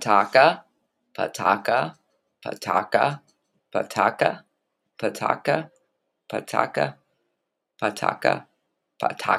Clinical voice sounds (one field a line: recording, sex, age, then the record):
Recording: repeated syllables /pa ta ka/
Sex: female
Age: 30 to 39 years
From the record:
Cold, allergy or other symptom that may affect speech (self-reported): no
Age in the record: 36 years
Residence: Ohio, United States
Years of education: 14